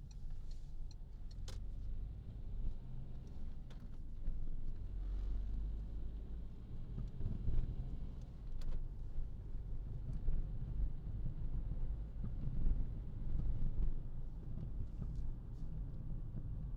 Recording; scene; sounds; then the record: everyday scene through a hearing-aid microphone; in a vehicle; engine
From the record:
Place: Berlingo II, diesel engine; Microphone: in the ear canal, left